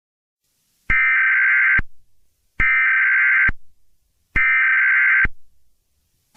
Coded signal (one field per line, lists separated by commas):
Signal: Emergency Alert System (SAME) tones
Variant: header bursts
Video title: SCP-001: "WHEN DAY BREAKS" - SCP public EAS Scenario